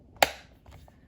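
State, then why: Seated. A plastic retaining clip on the motor housing of a 1996 Super 12" oscillating fan is lined up by its tabs and pushed until it snaps into place. A single sharp, bright snap sounds at 0.2 s, followed by a few faint soft ticks. The clip is seated.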